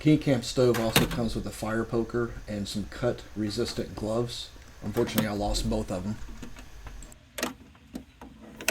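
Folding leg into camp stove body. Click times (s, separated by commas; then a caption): 8.7 s. Someone talks for most of the clip, then a folding metal leg of a KingCamp camp wood stove is swung out and locked into the stove body. Soft metallic clicks and taps follow near the end. A sharp metallic snap at 8.7 s marks the leg locking into place, giving the stove stability.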